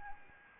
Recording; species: mosquito wingbeat signal from an infrared sensor; Anopheles gambiae